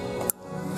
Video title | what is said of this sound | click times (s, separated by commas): 2013 MKX TUNEUP (for beginners) / ABS PUMP R&R PT. 1 | push it in till the clicks just | 0.3 s